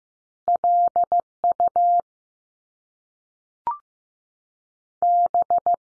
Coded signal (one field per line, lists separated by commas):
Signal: Morse code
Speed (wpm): 15 wpm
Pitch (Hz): 700 Hz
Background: none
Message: L U B